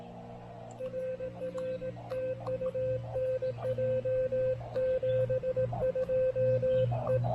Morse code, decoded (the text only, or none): RR TU NJ 72 E